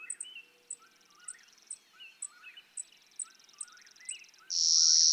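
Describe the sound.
Clay-colored sparrow: one loud dry buzz at the end, after high repeated ticking notes, faint buzzy trills and lower chirping from other birds.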